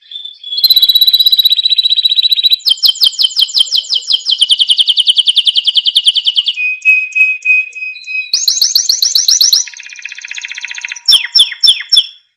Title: Masteran Kenari Gacor Full Isian Untuk Lovebird, Murai Batu, Kenari, Cucak Ijo